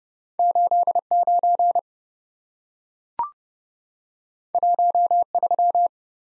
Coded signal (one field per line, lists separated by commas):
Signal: Morse code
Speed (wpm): 30 wpm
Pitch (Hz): 700 Hz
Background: none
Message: 89 13